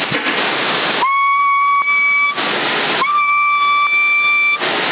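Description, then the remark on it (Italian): Two steady, sustained whistles come through a crackly, band-limited CB radio in Sassari. Each is a single held pitch lasting over a second, separated by bursts of loud static hiss. “Fischia”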